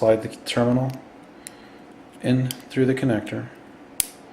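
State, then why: Seated. Someone talks while a crimped metal terminal on a wire is slid in through the back of a plastic Delphi HEI distributor connector housing (pn 69) for a TPI engine. At 4.0 s a sharp click is heard as the terminal's locking tang catches, and the terminal is seated in the housing.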